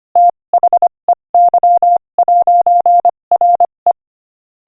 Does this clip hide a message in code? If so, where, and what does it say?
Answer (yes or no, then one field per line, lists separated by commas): yes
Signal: Morse code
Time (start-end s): 0.2-3.9 s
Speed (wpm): 25 wpm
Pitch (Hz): 700 Hz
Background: none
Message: THEY'RE